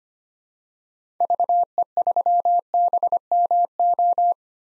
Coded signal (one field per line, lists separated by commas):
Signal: Morse code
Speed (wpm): 25 wpm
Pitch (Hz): 700 Hz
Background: none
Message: VE3BMO